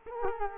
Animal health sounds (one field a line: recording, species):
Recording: mosquito wingbeat signal from an infrared sensor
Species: Culex quinquefasciatus